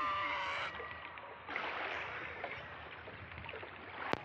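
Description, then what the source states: Killer whale call, a short harmonic tonal squeal at the start, followed by noisy underwater rushing and a sharp click at the end. Recorded during a killer whale attack on a gray whale, April 2014.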